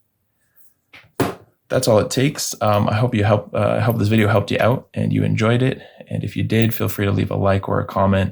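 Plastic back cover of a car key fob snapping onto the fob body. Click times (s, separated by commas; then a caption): 1.2 s. On an Audi A3 key fob (2007–2015), the plastic back cover is squeezed back onto the fob body after a new CR2032 coin cell goes in. One sharp click at 1.2 s shows the cover seated, and someone talks for most of the rest of the clip.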